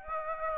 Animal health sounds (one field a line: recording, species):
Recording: mosquito wingbeat signal from an infrared sensor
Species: Aedes aegypti